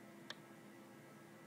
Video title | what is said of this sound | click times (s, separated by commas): LabLearner TIP: MS Microscope Substage Adjustments | okay I hope you can hear that but more than hearing a click you can actually feel it click | 0.3 s